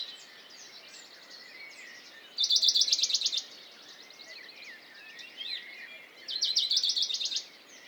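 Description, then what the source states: Western Bonelli's warbler: two bright, rattling trills of fast repeated notes about four seconds apart, amid a chorus of faint chirps and warbles from other birds. Dawn chorus, 6 May 2020, Valmaravel, Drôme; unpaired bird fixed on a small pine branch, singing rapid courtship song to attract a female, unlike its usual spaced strophes while feeding; Nagra Seven, MKH40.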